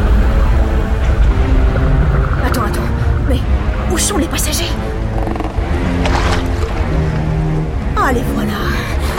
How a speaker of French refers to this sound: Canot de sauvetage, ils pagaient de toute leur force jusqu'à atteindre un minuscule rocher.